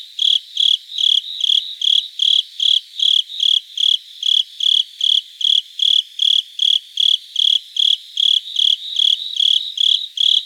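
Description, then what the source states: Japanese burrowing cricket producing a long run of evenly spaced, high ringing chirps, about 150 per minute. Recorded 26 September 2018.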